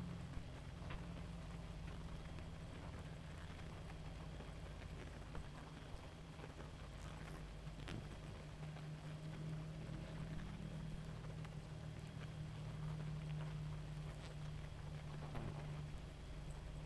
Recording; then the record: honeybee colony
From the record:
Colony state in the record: active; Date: 28 July 2017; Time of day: 0:28